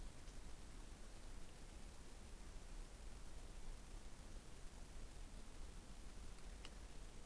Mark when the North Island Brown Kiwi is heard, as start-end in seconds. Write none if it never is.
none